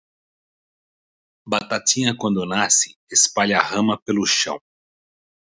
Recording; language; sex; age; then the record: short text; Brazilian Portuguese; male; 60 to 69 years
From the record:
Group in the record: control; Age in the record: 61 years